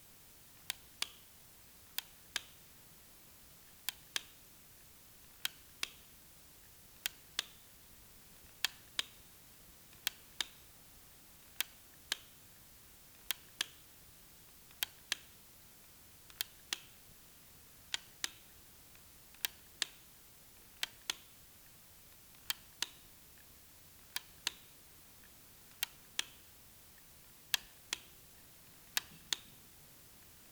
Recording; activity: daily activity, guitar pickup as the sensor; operate light